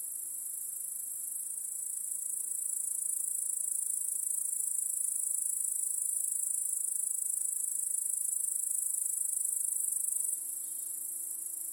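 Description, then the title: Many crickets producing a steady high trill, loud and continuous, dropping abruptly in volume near the end. Chorus of crickets in a home backyard at night. "Crickets in Your Backyard 🏡. Discovering the Sounds of Home"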